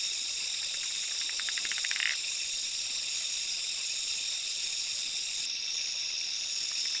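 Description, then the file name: Zoque treefrog: a run of evenly spaced clicking pulses ending in a short burst around two seconds, under a continuous high insect chorus. "Quilticohyla zoque"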